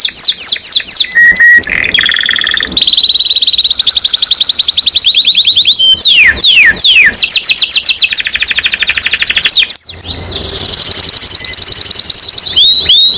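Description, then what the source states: Canary song, long and varied, with whistled notes, fast rolling trills and a few falling sweeps, broken by a short pause near the end. Domestic canary described as gacor, singing constantly, and as a first-place champion songbird.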